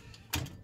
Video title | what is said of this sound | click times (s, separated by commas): How to set up your trailer for high pressure water blasting business | this is a quick release I've made so that your reel doesn't run away on you it locks into place | 0.3 s